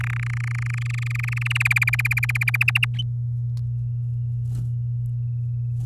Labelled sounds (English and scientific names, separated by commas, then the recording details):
Domestic Canary (Serinus canaria) song
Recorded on 7 May 2018 at 05:38
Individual llb16